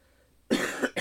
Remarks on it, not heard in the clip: I'm really sick. You can't see the snot coming out of my nose. You can hear me coughing.